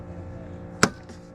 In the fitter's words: flip so there's a nice click like that and you're good to go